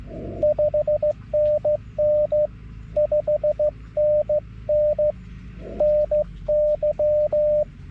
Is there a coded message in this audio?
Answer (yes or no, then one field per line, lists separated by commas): yes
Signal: Morse code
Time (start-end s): 0.4-7.6 s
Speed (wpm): 15 wpm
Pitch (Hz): 590 Hz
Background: radio noise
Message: 5NN 5NN NY